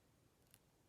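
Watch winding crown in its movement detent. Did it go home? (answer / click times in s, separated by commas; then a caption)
released / 0.5 s. After a wind, the winding crown of a Tudor Heritage Black Bay wristwatch is pulled out again against its movement detent. It gives a single sharp click at 0.5 s over a quiet background, and the crown pops out into its next position.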